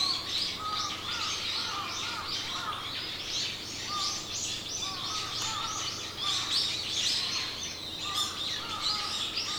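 Birds calling: thick high-pitched twittering throughout, while a lower whistled phrase repeats several times, roughly every one to two seconds, beneath the chorus.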